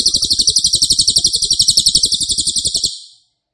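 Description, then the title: Cililin song: a sustained, piercing, high trill of evenly repeated fast pulses for about three seconds before it tails off. Loud, dense rapid-fire song style ('nembak keras dan rapat'), used as a favourite training recording (masteran) for oriental magpie-robin, leafbird and white-rumped shama. "Cililin NEMBAK KERAS dan RAPAT masteran murai batu cucak ijo dan kacer"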